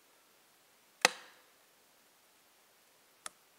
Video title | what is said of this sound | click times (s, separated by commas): Mercury 9.9 Water Pump 2 Stroke | there we go so now we get the catch clipped down on there I could feel it sort of Click into place | 1.0 s, 3.3 s